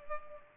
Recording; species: mosquito wingbeat signal from an infrared sensor; Culex pipiens